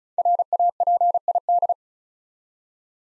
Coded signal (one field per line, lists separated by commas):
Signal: Morse code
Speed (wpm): 36 wpm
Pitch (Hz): 700 Hz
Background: none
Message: RAPID